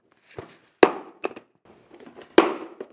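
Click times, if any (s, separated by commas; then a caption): 2.4 s. The latch on a cheap plastic toolbox lid is opened, with a sharp snap at 0.8 s and a few smaller clicks, then closed to compare it with a drill's case. It shuts firmly with a distinct "tak" at 2.4 s, and the latch is seated.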